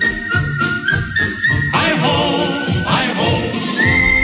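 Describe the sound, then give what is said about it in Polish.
A person whistles a tune in clear, high, sustained notes with a few upward slides, set against a loud, busy rhythmic backing that plays throughout, on the Polish radio station Trójka. “Pogwizduję razem z redaktorem”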